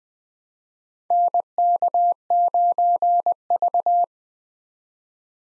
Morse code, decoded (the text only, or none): NK9V